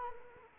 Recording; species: mosquito wingbeat signal from an infrared sensor; Anopheles arabiensis